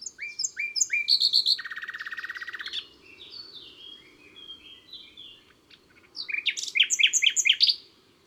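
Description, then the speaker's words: Common Nightingale song: varied phrases with rapid stuttering notes, a steady buzzy churr and short whistles, softer notes, then a loud burst of quick repeated notes. Song described as powerful, magnificent and never the same; included in an April review of bird songs. "Et enfin le rossignol et son chant puissant, magnifique et jamais pareil."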